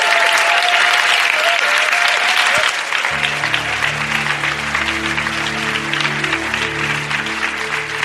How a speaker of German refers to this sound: Gebt ihm mal einen kräftigen Applaus. Halleluja.